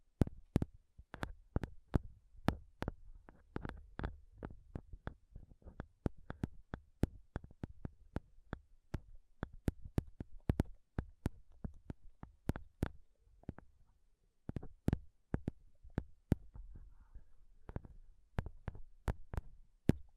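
Fingernails tap a microphone in fast, sharp clicks several times a second, with brief pauses near fifteen seconds, over a low thumping rumble.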